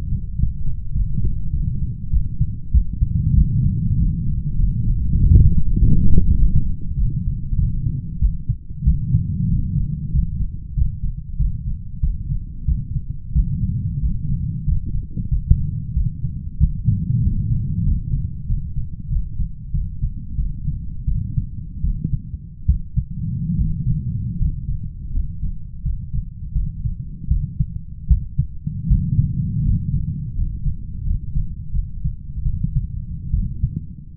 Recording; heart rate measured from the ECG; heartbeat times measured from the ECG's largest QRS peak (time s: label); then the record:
heart sounds by stethoscope; 89 bpm
0.37 s: heartbeat
0.93 s: heartbeat
1.51 s: heartbeat
2.11 s: heartbeat
2.72 s: heartbeat
3.34 s: heartbeat
3.96 s: heartbeat
4.57 s: heartbeat
5.17 s: heartbeat
5.76 s: heartbeat
6.36 s: heartbeat
6.95 s: heartbeat
7.57 s: heartbeat
8.20 s: heartbeat
8.84 s: heartbeat
9.49 s: heartbeat
10.12 s: heartbeat
10.75 s: heartbeat
11.37 s: heartbeat
12.01 s: heartbeat
12.66 s: heartbeat
13.33 s: heartbeat
14.00 s: heartbeat
14.65 s: heartbeat
15.29 s: heartbeat
15.94 s: heartbeat
16.58 s: heartbeat
17.21 s: heartbeat
17.84 s: heartbeat
18.47 s: heartbeat
19.09 s: heartbeat
19.72 s: heartbeat
20.36 s: heartbeat
21.05 s: heartbeat
21.82 s: heartbeat
22.66 s: heartbeat
23.56 s: heartbeat
24.38 s: heartbeat
25.12 s: heartbeat
25.83 s: heartbeat
26.53 s: heartbeat
27.28 s: heartbeat
28.08 s: heartbeat
28.87 s: heartbeat
29.63 s: heartbeat
30.34 s: heartbeat
31.03 s: heartbeat
31.72 s: heartbeat
32.43 s: heartbeat
33.31 s: heartbeat
From the record:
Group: healthy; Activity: rest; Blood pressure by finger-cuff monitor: 149/84 mmHg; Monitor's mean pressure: 99 mmHg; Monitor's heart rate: 92 bpm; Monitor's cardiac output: 9.4 L/min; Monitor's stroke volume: 102 mL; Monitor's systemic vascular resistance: 790 dyn s/cm5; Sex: male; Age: 23 years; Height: 178 cm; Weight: 96.6 kg